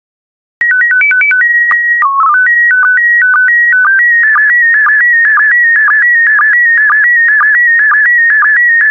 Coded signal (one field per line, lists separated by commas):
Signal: SSTV (slow-scan television)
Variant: PD 120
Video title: 6075 Wild Animals SSTV PD120